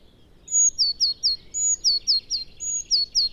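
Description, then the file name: Eurasian blue tit song: a high, thin introductory note followed by two or three quick descending 'see' notes, repeated three times in a steady pattern. "Cyanistes caeruleus"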